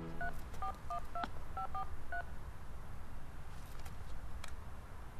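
A phone number is keyed in as a quick series of short dual-tone beeps, about eight of them in an uneven rhythm, to call someone at home, over a steady low rumbling background with no voices.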